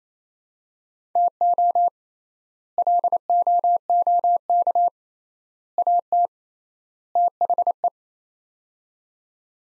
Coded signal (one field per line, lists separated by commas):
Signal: Morse code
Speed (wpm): 27 wpm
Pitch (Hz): 700 Hz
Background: none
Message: TO LOOK AT THE